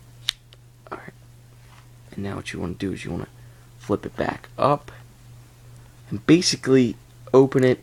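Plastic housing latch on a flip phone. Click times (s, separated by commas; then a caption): 0.3 s. A thumb pries down on the plastic housing latch of an upside-down flip phone until it releases with a sharp, loud click at 0.3 s, followed by a couple of faint ticks. Someone then talks.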